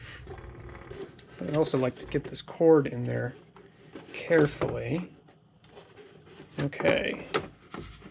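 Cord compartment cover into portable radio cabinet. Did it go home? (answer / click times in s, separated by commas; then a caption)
no / none. Someone talks while carefully tucking the power cord into its compartment on a Zenith portable radio (L505 or 6G501M) with a plastic cabinet, with a few faint handling knocks and rubs around the talking. The cord compartment cover has not yet dropped back into the cabinet, and nothing has seated or clicked yet.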